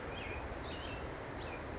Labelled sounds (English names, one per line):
Pacific Wren